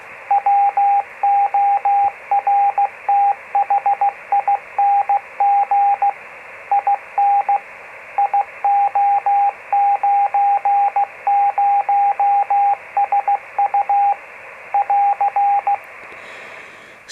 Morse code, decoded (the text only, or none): WORTHING IN IO90SU <AR>